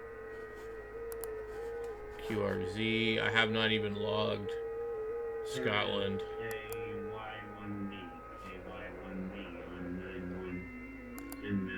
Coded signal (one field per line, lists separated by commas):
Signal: FT8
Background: speech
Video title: Me working dx and screen capture test on ham radio